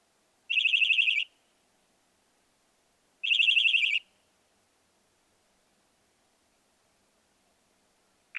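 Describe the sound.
Northern mockingbird song, with two short rapid trills of buzzy repeated notes separated by a pause of about two seconds.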